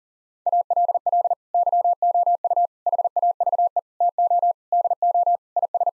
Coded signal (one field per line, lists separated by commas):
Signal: Morse code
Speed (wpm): 40 wpm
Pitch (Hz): 700 Hz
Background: none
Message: ALL YOU HAVE TO DO IS